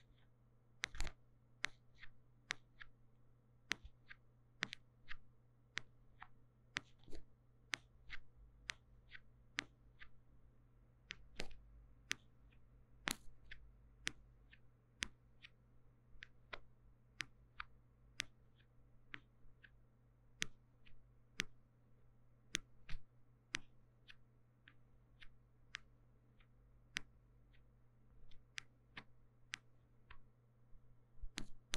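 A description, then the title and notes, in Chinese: Deep ear cleaning on a microphone, heard as sharp ticks and scrapes landing irregularly about once or twice a second for the whole stretch. A steady low hum sits underneath, and it is otherwise quiet between the clicks. 麥克風耳朵深度清潔。NoTalking。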